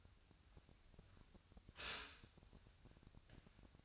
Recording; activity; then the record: daily activity, microphone in the room; stop toaster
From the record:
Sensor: 2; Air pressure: 1001.7 hPa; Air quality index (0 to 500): 244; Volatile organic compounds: 36 ppm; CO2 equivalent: 3072 ppm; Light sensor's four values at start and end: 10/31/12/12 and 10/32/12/12